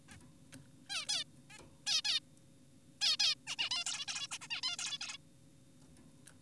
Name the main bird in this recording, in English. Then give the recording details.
Zebra Finch. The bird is an adult. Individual g4p5U